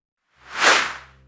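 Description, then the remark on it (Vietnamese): A single airy whoosh of an arrow shot from a bow swells quickly from silence, peaks as a broad hissing rush, then fades away with a low hum lingering underneath, as the arrow cuts through the air and strikes a swallow in a flying flock. “Tên xé gió bay đi, ghim ngay vào một con nhạn.”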